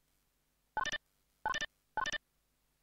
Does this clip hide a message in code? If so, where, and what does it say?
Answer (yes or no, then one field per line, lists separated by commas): no